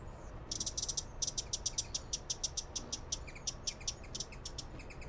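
Broad-billed hummingbird giving many dry, high ticking chips over a faint low rumble.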